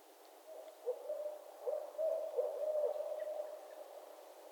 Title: Barred Owl Mating Season in Northern Michigan